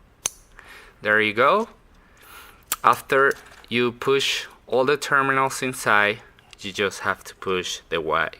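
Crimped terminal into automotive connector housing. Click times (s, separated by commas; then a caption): 0.3 s. A crimped metal terminal is pushed by hand into a plastic automotive connector housing for a Toyota or Lexus and clicks home at 0.3 s, a sharp, brief snap, confirming it is seated. Someone then talks.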